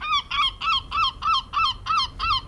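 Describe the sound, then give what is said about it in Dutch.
Herring gull calls: a steady series of about eight loud, harsh yelping notes, evenly spaced and nasal in tone, with no voices. “De zilvermeeuw.”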